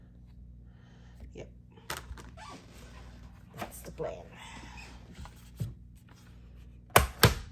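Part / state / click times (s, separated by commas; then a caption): portable monitor onto magnetic plates on laptop lid / seated / 7.0 s, 7.2 s. A Mobile Pixels Duex Lite portable monitor is pressed onto the magnet plates stuck to the back of a laptop lid while someone talks, with a few soft handling knocks along the way. It locks into place with two sharp clacks at 7.0 s and 7.2 s, held by the magnets.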